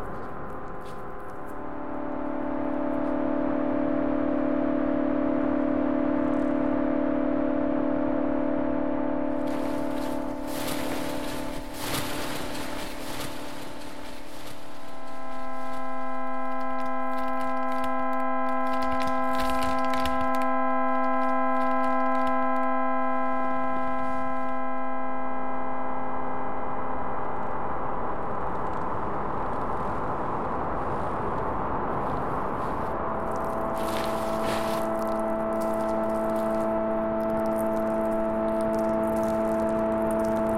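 Generative ambient piece of sustained microtonal synth chords shifting every few seconds, with brief crackly bursts of paper- or snow-like rustle around 10–14 seconds and 34 seconds.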